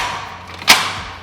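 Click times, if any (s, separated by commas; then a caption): 0.6 s. A spring-assisted rapid lock on an aluminium articulated Leveler ladder is rotated 90 degrees, pulling the metal locking pin out of the inner telescoping section. A single thump is heard at 0.6 s, and the pin is released.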